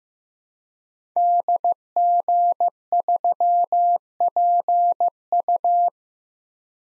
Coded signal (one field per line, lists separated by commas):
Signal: Morse code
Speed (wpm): 15 wpm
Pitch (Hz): 700 Hz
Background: none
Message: DG3PU